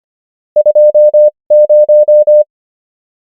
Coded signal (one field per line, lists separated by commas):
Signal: Morse code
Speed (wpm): 25 wpm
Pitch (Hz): 600 Hz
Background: none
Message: 20